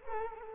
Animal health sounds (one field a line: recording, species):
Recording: mosquito wingbeat signal from an infrared sensor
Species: Culex quinquefasciatus